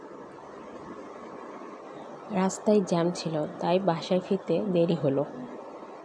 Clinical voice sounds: elicited speech; Bengali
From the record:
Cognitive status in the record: cognitively healthy

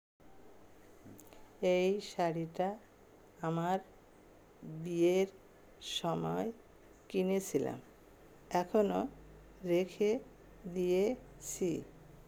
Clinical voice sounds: elicited speech; Bengali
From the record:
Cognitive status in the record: dementia

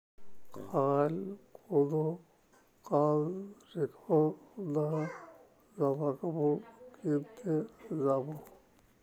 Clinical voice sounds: elicited speech; Bengali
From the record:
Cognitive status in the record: dementia

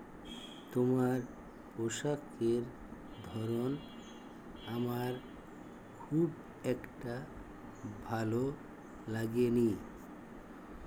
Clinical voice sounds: elicited speech; Bengali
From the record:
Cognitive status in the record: dementia

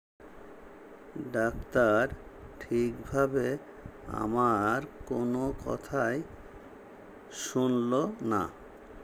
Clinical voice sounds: elicited speech; Bengali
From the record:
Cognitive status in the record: dementia

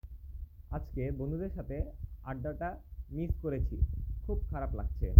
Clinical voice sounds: elicited speech; Bengali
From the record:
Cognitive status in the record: cognitively healthy

